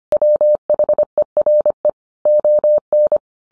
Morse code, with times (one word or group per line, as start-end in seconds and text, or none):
0.1-1.9 WHERE
2.3-3.2 ON